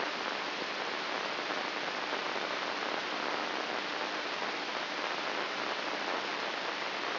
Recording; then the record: brain microelectrode recording played as sound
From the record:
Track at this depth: inside the subthalamic nucleus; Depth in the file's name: 5.083 mm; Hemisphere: left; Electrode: 2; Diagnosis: Parkinson's disease